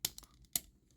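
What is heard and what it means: A plastic armor cover on Iron Factory's Bifrons, a transforming combiner robot toy and their version of Hellbat, is pressed over the folded landing gear section. Two sharp plastic clicks ring out at 0.1 s and 0.6 s, with a faint smaller tick between them, as the cover snaps and seats into place.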